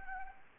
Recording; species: mosquito wingbeat signal from an infrared sensor; Anopheles gambiae